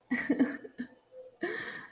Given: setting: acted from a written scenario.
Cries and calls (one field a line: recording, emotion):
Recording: vocal sound without words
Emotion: sadness